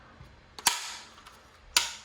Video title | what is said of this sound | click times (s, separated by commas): Mavic 2 pro Completed Rebuild | Make sure we snap the cover on. Everything is snapped in place. | 0.7 s, 1.8 s